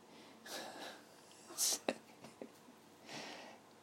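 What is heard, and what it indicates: Breathy intakes are followed by a single loud, hissing burst and a sharp click, the explosive pattern of one sneeze by an adult. Softer breathy noise follows in a small, quiet room, with no speech in between.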